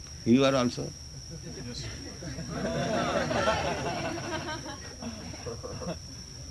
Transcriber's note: laughter